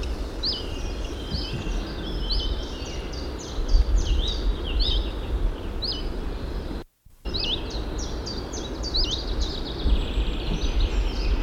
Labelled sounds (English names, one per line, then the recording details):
Common Chiffchaff call
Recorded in the wild
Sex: female
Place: Schwerin, Schweriner Außensee, Mecklenburg-Vorpommern, DE
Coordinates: 53.721, 11.461
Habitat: lake
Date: 1975-05-09
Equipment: Nagra III BH, Sennheiser MD 21, parabola
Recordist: Schubert, Michael